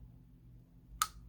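On a TRX 3.3 RC nitro engine being rebuilt for a crank bearing replacement, the starter shaft is clocked with the piston at the bottom and the starter assembly is pushed onto the engine crankshaft. A single sharp click at 1.0 s marks the starter shaft seating into engagement, over a quiet low hum.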